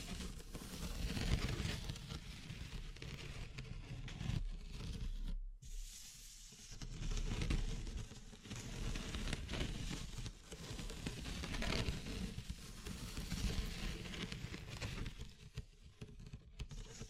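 Wood, bamboo and straw are handled in a dense, continuous run of crackling, rustling and scraping, with a heavy low rumble underneath. The texture surges and eases every few seconds, broken once by a brief near-silent pause around five and a half seconds.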